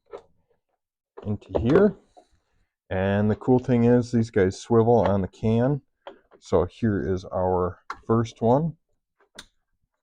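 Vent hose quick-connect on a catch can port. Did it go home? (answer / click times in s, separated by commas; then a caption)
yes / 9.4 s. Someone talks while pushing the first swivel quick-connect vent hose fitting onto a port of a homemade catch can for an F-150 Ecoboost/Coyote. A short, sharp snap at 9.4 s marks the fitting seating on the can.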